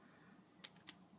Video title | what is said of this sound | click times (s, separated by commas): Steps to Cleans Savage Arms .22LR | please piece right there click it on until you hear it crack three or four times | 0.6 s, 0.9 s